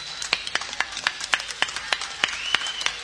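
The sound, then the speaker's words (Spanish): A band claps for its audience at the end of a live show, about a dozen sharp, bright claps in a steady, even rhythm over a faint hiss with no voices. “Así que nosotros les aplaudimos a ustedes.”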